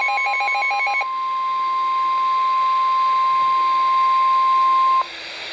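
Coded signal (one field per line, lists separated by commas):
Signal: Emergency Alert System (SAME) tones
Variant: 1050 Hz attention tone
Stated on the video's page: Real NOAA Weather Radio alert tones for a Special Marine Warning.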